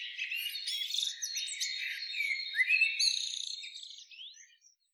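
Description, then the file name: Common blackbird producing dense, high twittering with slurred notes, loudest near three seconds, then fading out at the end. "Turdus merula"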